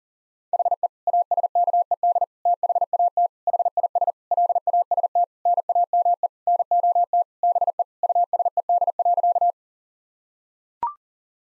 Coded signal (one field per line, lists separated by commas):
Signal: Morse code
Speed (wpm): 40 wpm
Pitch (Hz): 700 Hz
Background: none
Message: HE ASKED THAT HIS LAST NAME NOT BE USED.